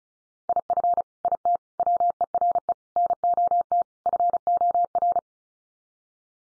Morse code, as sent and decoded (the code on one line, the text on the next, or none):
.. ..-. / .. - / .-- . .-. . / -. --- - / ..-. --- .-.
IF IT WERE NOT FOR